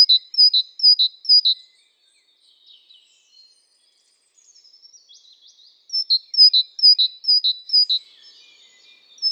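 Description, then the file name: Great tit song: a bright two-note phrase repeated briskly, one bout of four, then faint chatter, then a longer bout of several repeats. "Parus major"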